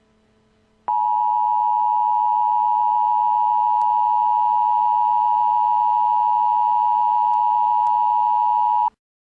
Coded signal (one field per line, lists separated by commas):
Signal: Emergency Alert System (SAME) tones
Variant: 853 and 960 Hz attention tone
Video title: Emergency Alert System: RDD